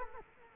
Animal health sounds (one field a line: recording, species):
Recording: mosquito wingbeat signal from an infrared sensor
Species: Culex quinquefasciatus